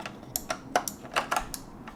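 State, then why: Not seated. A plastic radio dash kit piece is being slid into the dashboard of a Toyota 4Runner. A quick series of sharp, light plastic clicks and ticks is heard as it is pushed in. The part has not seated or clicked home yet.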